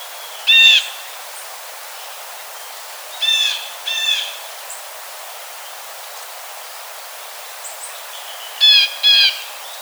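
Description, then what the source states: Blue jay calls: harsh, nasal jay notes, first single, then a close pair, then another quick pair near the end, separated by quiet pauses. Recorded on 4 January 2007.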